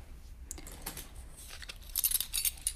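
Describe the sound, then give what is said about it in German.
A bunch of security-door keys jangles and clinks in bright, metallic bursts as it is handed over, starting with scattered light rattles and growing busier and louder toward the end, with no voices. “Ich habe diese Schlüssel noch nie aus der Hand gegeben.”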